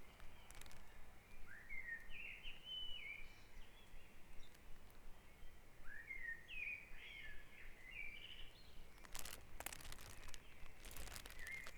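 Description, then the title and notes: Bird song: two rich, warbled phrases of quick whistled notes, then crackling noise bursts, over a continuous low rumble. Dawn chorus at Back Dragon Avenue, Harrogate. "Dawn Chorus // Back Dragon Avenue, Harrogate. Sound Map Of Harrogate"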